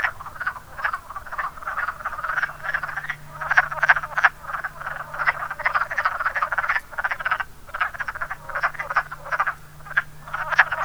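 Wood frog chorus: many overlapping hoarse, duck-like clucks forming a near-continuous chattering mass, with a steady low hum underneath.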